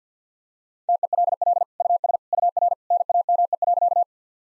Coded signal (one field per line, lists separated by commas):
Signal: Morse code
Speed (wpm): 50 wpm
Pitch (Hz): 700 Hz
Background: none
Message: TELL US UR NAME.